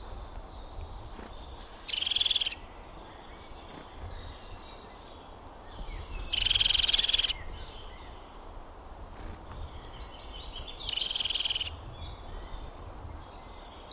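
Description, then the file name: Crested tit calling repeatedly: high thin notes and three separate buzzy, purring trills spaced several seconds apart. "Cincia Dal Ciuffo"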